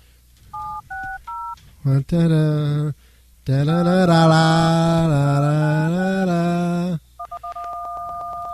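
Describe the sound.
A few quick dual-tone keypad beeps as a phone number is dialed to call an interview guest on Maximum Threshold Radio, followed by a loud stretch of talking and then a steady, pulsing ringback tone at the end.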